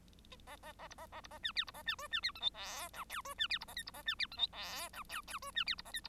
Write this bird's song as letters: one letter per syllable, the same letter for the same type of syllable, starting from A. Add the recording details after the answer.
A A A B A A B A C D B A C E C D F G H I J E C D B A K B A C D F G H I J J E C D B A K B. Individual Bird1